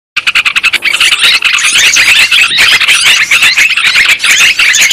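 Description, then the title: Lovebird calls: a burst of sharp squeaky notes at the start, then unbroken shrill chattering. Lure recording of lovebird calls, used to attract birds for trapping. "PIKAT BURUNG LOVEBIRD"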